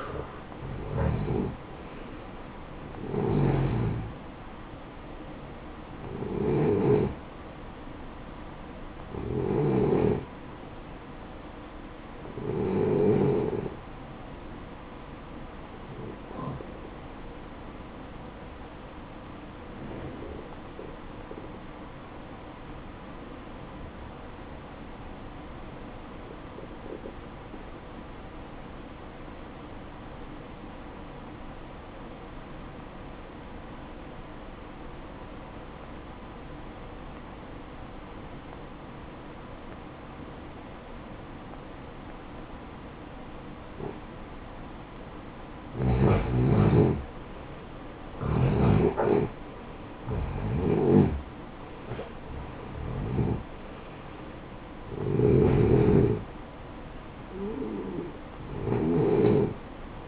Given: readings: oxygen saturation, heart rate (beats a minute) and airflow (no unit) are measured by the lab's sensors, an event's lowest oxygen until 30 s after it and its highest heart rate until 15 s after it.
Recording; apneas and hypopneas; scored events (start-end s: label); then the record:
breathing in sleep by a voice recorder at the bedside; 1
9.00-60.08 s: new sleep stage, N1 (lightest sleep)
19.00-48.00 s: obstructive apnea (N1, oxygen 95% highest, then 87% lowest, heart rate 58 at the start, 71 highest)
From the record:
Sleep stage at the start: N2 (light sleep); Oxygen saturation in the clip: 86 to 95%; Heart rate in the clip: 56 to 75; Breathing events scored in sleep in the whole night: 573 in 9.8 hours asleep